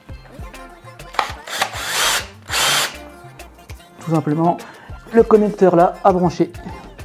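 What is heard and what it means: A wiring connector is handled by hand near its mating socket during an assembly, with light taps and handling noises, bursts of broadband noise around 1.9–2.9 s, and someone talking near the end over a faint tonal background. Nothing has seated or clicked yet.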